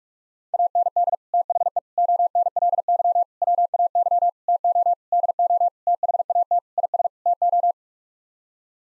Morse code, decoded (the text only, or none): AND THE ONLY WAY TO DO THAT IS TO